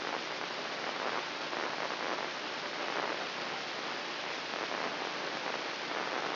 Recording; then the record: brain microelectrode recording played as sound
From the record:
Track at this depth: inside the subthalamic nucleus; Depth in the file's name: 4.107 mm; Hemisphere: left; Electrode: 2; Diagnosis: Parkinson's disease